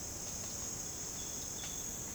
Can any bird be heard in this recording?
no